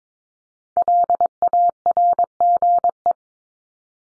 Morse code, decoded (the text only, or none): LARGE